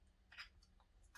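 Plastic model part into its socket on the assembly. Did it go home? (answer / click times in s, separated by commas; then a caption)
yes / 0.3 s. After its orientation is checked so the square side goes in the right place, a small plastic part from a model assembly kit is pressed into its socket on the assembly. A single soft tick at 0.3 s marks it snapping into place over a quiet low hum. The part is seated and fits together, a good sign.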